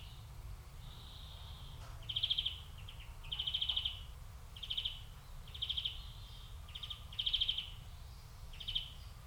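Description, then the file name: European greenfinch repeating quick pulsed trill calls at short intervals, some softer and some louder, against a low rumbling background. "Chloris chloris"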